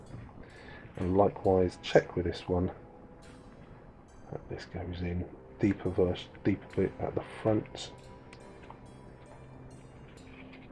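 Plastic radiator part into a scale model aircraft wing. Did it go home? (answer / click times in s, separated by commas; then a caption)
no / none. A plastic radiator part for a 1/48 scale Tamiya Spitfire Mk.1 model aircraft is handled and lined up to be pushed into its deeper seat at the front of the wing while someone talks. Only a few faint, brief ticks are heard between the speech. Nothing has seated or clicked into place yet.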